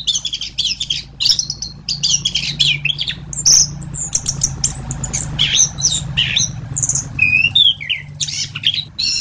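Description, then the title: Thrush song of scratchy, buzzy chirps and a few clear whistled slurs near the end, over a constant low rumbling hum. "Suara Burung Anis"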